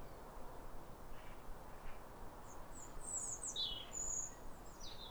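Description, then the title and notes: European robin song: a short burst of very high, thin, sliding notes and twitters after a quiet start, with faint background hiss. Pair of robins in neighbouring gardens singing a duet at a clear, calm rosy sunrise at New Year in winter, after weeks of rain. "Sound Escape 150: Be uplifted by a chorus of New Year's robins. A pair of robins in neighbouring gardens welcome the early sun with wistful phrases as if chatting over the fence. Recorded by Fergus Collins. BBC Countryfile Magazine"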